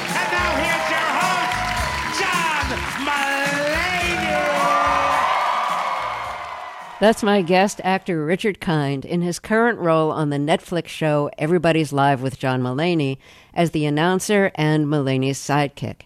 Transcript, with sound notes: And now, here's your host, John Mulaney.
(CHEERING)
That's my guest actor, Richard Kind, in his current role on the Netflix show "Everybody's Live With John Mulaney" as the announcer and Mulaney's sidekick.